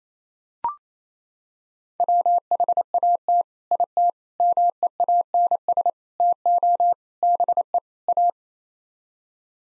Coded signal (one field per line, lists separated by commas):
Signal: Morse code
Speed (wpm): 28 wpm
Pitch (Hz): 700 Hz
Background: none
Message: WHAT IT MEANS TO BE A